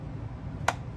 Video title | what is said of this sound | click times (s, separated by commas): RESTORER Tool “How-To” Maintenance Guide - Clean Out, Grease Gears, Replace Brushes and More… | and it should see you'll hear it hear it snap into place okay hear that | 0.7 s